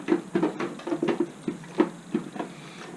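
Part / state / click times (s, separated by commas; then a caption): plastic toy latch on the toy's body / not seated / none. Someone repeatedly tries to close the plastic latch on the body of a liquidated toy, making a series of short plastic taps and knocks across the three seconds, the loudest at about 1.8 s. The latch never catches and nothing clicks into place; the latch is defective, which is likely why the toy was liquidated.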